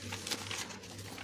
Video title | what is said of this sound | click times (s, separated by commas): Aula 42 corset | Nós temos esse daqui que faz o clique, né? Ó, clique. | 0.3 s